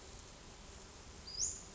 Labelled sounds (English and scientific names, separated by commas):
Western Flycatcher (Empidonax difficilis)